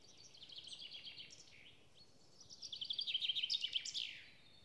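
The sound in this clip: Bird song: a softer high chirping phrase, a pause, then a louder rapid trill of chirps ending with a falling slur.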